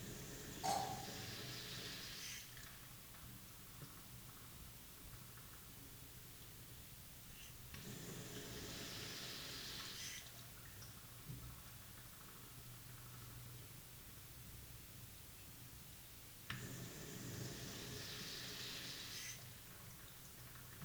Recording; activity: daily activity, guitar pickup as the sensor; flush